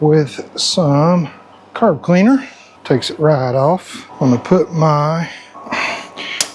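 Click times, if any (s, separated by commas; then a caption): 6.4 s. Someone talks while refitting the cruise control cable on a Harley Twin Cam motorcycle, snapping it back into its plastic retainer clip. A single sharp click is heard at 6.4 s as the cable seats in the clip.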